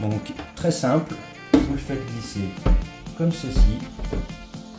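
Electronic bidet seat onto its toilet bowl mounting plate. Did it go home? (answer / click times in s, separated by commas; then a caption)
no / none. An electronic bidet washing seat is slid by hand onto its mounting plate on the ceramic toilet bowl while someone talks over background music. Nothing has seated or clicked yet; the seat is still being handled short of locking in place.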